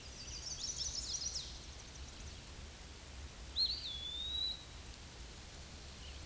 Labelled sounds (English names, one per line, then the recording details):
Eastern Wood-Pewee song
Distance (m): 15 m
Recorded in a Pennsylvania forest on 18 May 2023 at 06:18
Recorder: AudioMoth, point grid1_37_low
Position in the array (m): 74 m, 199 m